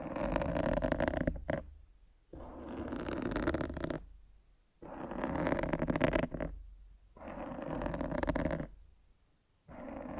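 Scratching against a microphone comes in long rough bursts of two to three seconds, separated by short silent gaps. Each burst is dense and grainy with a heavy low rumble, swelling and fading; four such bursts occur, the last starting just before the end.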